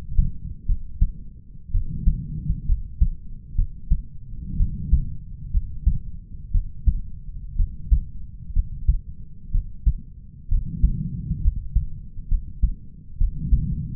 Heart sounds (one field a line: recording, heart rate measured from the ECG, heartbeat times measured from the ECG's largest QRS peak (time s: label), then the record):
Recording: heart sounds by stethoscope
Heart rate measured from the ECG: 62 bpm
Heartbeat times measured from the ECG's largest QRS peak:
0.67 s: heartbeat
1.72 s: heartbeat
2.66 s: heartbeat
3.56 s: heartbeat
4.57 s: heartbeat
5.52 s: heartbeat
6.52 s: heartbeat
7.57 s: heartbeat
8.54 s: heartbeat
9.52 s: heartbeat
10.49 s: heartbeat
11.42 s: heartbeat
12.29 s: heartbeat
13.18 s: heartbeat
From the record:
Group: healthy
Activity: rest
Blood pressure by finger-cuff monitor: 104/79 mmHg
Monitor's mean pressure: 87 mmHg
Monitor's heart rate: 62 bpm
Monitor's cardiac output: 4.8 L/min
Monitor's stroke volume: 76 mL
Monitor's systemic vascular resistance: 1340 dyn s/cm5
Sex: male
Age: 20 years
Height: 187 cm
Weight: 68.9 kg